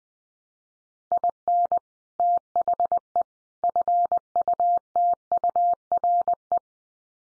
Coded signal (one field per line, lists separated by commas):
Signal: Morse code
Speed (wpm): 20 wpm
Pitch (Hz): 700 Hz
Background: none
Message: IN THE FUTURE